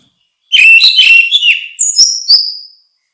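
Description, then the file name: Orange-headed thrush singing one busy phrase of warbled whistles that ends in a few high, drawn-out, slightly falling notes. "suara kicau burung anis merah"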